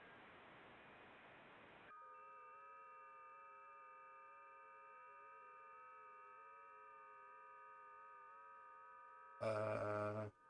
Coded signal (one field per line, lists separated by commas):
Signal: FT8